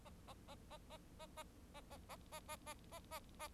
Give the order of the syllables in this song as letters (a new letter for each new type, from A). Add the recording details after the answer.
A A A A A A A A A A A A A A A A. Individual Bird4